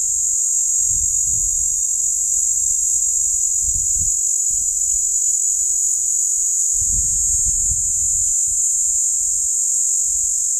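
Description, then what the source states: Cicada singing in a constant high, sizzling buzz, with soft ticks under it and several bursts of low wind noise. Platypleura plumosa, recorded at Steytlerville.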